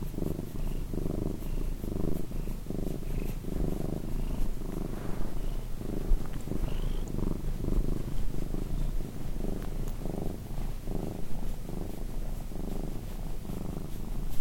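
Domestic cat purring, a steady low rumble pulsing with its breathing throughout.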